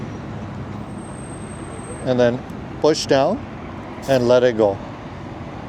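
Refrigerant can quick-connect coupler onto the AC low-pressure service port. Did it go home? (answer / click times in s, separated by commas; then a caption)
no / none. A refrigerant can's quick-connect coupler is held over a car's low-pressure AC service port with its sleeve pulled up, lined up before being pushed down onto the port. Someone talks over a steady low background rumble. Nothing has clicked or seated yet.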